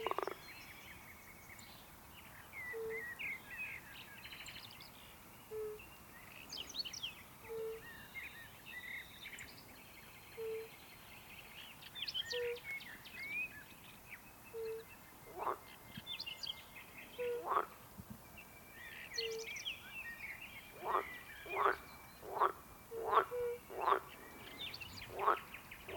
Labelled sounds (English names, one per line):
Fire-Bellied Toad call